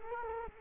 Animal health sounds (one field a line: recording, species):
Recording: mosquito wingbeat signal from an infrared sensor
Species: Culex quinquefasciatus